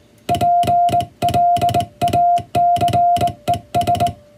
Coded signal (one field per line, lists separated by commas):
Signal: Morse code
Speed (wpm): 21 wpm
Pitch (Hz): 700 Hz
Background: music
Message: PLACES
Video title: 【モールス信号を解読せよ！】暗号のようなトンとツーの信号を解読すると文章になります。こんな仕事がありました(receive practice for radiotelegraph operator )